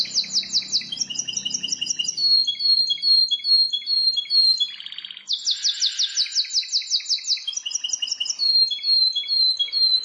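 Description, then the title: Prinia song: rapid strings of high, sharp notes and short trills, broken once by a brief buzzy rattle, then continuing briskly. "Ciblek Sawah"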